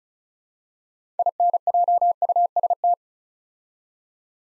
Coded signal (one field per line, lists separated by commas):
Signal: Morse code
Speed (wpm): 35 wpm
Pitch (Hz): 700 Hz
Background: none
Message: INJUST